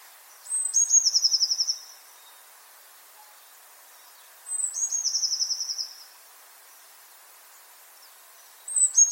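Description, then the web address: Eurasian blue tit call: a thin high note falls into a fast, buzzy, evenly pulsed trill. The phrase repeats about every four seconds, and a third begins at the end. "cianscape. Deverinetal"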